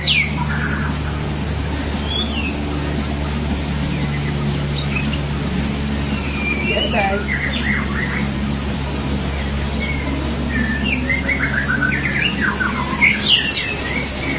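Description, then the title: Magpie-robin or shama song: varied whistled and chirping phrases, some sliding, scattered throughout over a steady low mechanical hum. "BM Suara Burung Murai"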